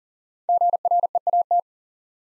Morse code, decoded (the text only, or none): GREAT